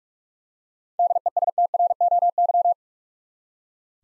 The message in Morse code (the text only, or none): DESTROY